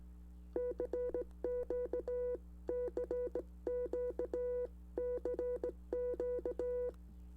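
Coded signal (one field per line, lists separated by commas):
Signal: Morse code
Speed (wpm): 18 wpm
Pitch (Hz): 490 Hz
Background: music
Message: CQCQCQ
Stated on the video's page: Homemade sine-wave code practice oscillator with an audio amplifier.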